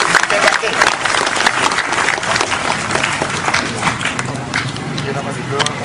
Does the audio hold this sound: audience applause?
yes